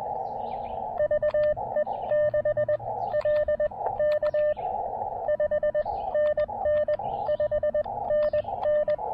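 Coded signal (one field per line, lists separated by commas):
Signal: Morse code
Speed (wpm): 20 wpm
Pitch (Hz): 600 Hz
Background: radio noise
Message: VE6LK 5NN 5NN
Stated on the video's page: QRP Summits On The Air activation on Hibriten Mountain, including operation on 17 meters.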